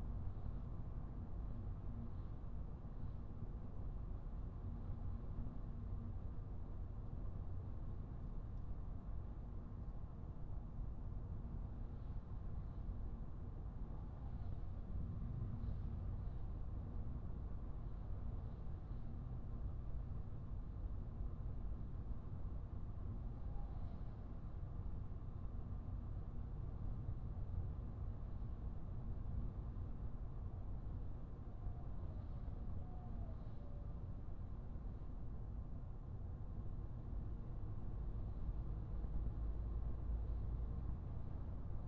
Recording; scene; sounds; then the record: everyday scene through a hearing-aid microphone; in a vehicle; engine, highway driving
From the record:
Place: Skoda Fabia, gasoline engine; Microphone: behind the ear, right, rear